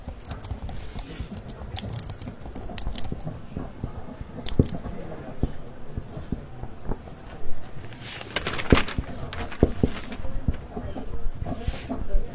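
Library ambience with a dense stream of small taps and clicks, like typing and handling pages, running through the whole twelve seconds. Sharper knocks stand out near 4.5, 8.7 and 9.7 seconds, and brighter rustling bursts gather around 8 to 10 seconds over a low murmur.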